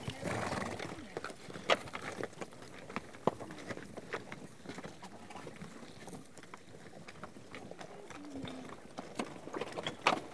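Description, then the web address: Horse hooves clopping unevenly, with scattered sharp knocks and a short low tonal sound near the end over a rough background. A herd of horses out on a trek. "BBC Sound Effects Library - Horses Herd of horses out on trek"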